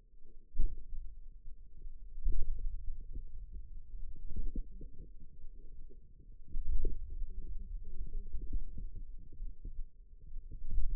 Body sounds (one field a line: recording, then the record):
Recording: forearm muscle sounds (acoustic myography)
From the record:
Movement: pen grasping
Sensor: system 2, bracelet of six BSWA MPA416 microphones around the upper forearm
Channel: 4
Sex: female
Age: 21 years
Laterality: right